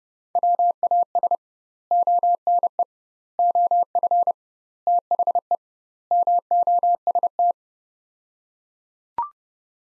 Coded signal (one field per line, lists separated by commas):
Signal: Morse code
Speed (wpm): 32 wpm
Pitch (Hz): 700 Hz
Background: none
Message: WAS ONE OF THE MOST